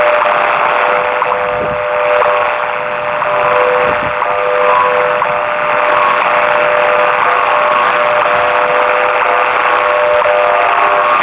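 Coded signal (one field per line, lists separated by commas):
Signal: radio time signal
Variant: WWV/WWVH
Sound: steady low audio tone under hissy shortwave static, with faint ticks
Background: radio static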